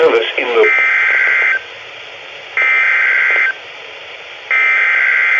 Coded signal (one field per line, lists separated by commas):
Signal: Emergency Alert System (SAME) tones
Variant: header bursts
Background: speech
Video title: Severe Thunderstorm Warning #3 - 10/09/18 (EAS #1,756)